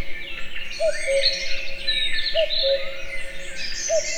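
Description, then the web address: Common cuckoo giving its soft falling two-note cu-coo three times at steady intervals, with many small songbirds chirping and trilling above it. Recorded in nature in a forest full of birdsong at Egerturistaház, Hungary. "allathangok termeszetben kakukk sokhanguerdo egerturistahaz"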